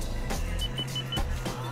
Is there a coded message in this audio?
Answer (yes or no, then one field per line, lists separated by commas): no